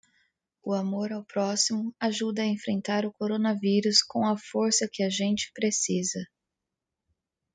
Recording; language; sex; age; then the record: spoken sentence; Brazilian Portuguese; female; 20 to 29 years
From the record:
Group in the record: control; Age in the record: 29 years